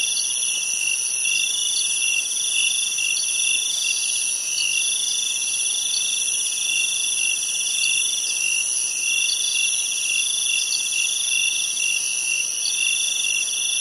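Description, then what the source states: Insects calling in a dense, steady night chorus: high continuous whining tones layered over rapid pulsing trills that keep going without a break. Insects at night in jungle in Thailand.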